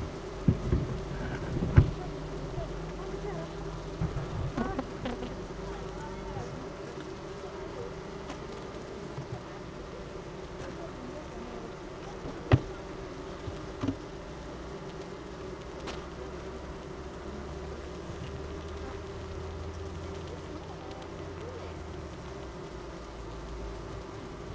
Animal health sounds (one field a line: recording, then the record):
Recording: honeybee colony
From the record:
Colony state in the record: missing queen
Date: 31 May 2018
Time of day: 16:22